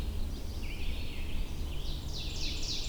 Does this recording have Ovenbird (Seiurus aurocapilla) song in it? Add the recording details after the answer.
yes. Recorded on 22 June 2016 at 07:51. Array SBT-6-76